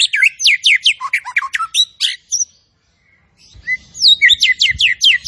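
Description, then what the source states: Zebra finch delivering rapid, downslurred chirps in a quick series, a short gap of silence, then the chirping resumes with a faint low rumble. Actively singing (gacor) songbird, locally called burung tembakan, used for tutoring (masteran).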